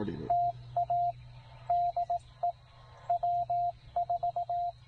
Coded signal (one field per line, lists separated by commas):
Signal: Morse code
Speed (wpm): 18 wpm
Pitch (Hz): 690 Hz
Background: radio noise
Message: TA DE W4